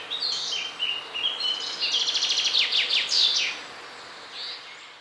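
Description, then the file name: Common chaffinch singing, a series of bright notes ending in a fast rattling flourish, over steady background hiss. "Fringilla coelebs"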